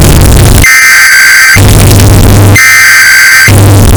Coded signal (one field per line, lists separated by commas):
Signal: Emergency Alert System (SAME) tones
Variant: header bursts